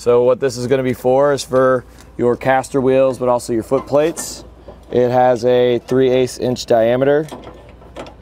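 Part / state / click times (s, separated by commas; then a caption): snapper pin into trailer jack caster/footplate mount / not seated / none. Someone talks while handling a 3/8-inch-diameter steel snapper pin with a spring clip, meant for a Ram trailer jack's caster wheel or footplate mount. Only speech and faint handling are heard, with no sharp click. Nothing has seated or clicked into place yet by the end of the clip.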